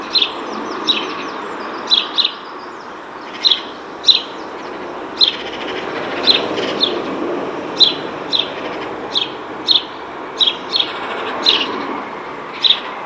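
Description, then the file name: House sparrow chirping, single and paired sharp chirps repeated irregularly throughout over a low rumbling background. "Passer domesticus"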